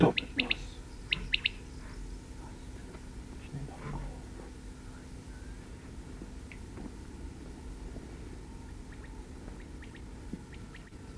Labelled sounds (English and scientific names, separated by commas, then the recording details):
Common Quail (Coturnix coturnix) call
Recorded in the wild
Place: Seedorf, Insel Rügen, Mecklenburg-Vorpommern, DE
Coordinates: 54.352, 13.654
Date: 1971-07-22 21:00
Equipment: Nagra III BH, Sennheiser MD 21, parabola
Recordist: Schubert, Michael
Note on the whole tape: Rufe Wachtel